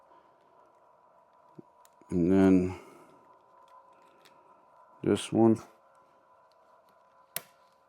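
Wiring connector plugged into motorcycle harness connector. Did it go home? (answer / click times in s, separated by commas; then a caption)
yes / 7.4 s. A second plastic wiring connector is pushed into a motorcycle harness plug on a 2026 ZX6R during a slip-on exhaust install. Someone talks briefly, then a sharp click at 7.4 s marks the connector seating fully in place.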